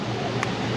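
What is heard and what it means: A spark plug wire boot is pushed onto its ignition distributor cap terminal on a Chevy Silverado 4.3 V6 engine; it has to snap on audibly or it will come off. Against a steady broadband hiss, one sharp, brief snap is heard at 0.4 s as the boot seats on the terminal.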